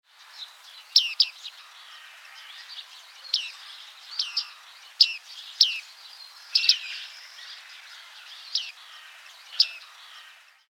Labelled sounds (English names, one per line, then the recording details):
Bearded Reedling
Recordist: Tembrock, Günter
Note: Paar: Kurzlaute